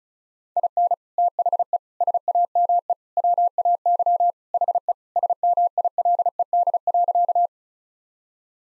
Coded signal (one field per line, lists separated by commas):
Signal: Morse code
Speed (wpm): 34 wpm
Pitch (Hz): 700 Hz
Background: none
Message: IN THE SAME WAY HE SMILED.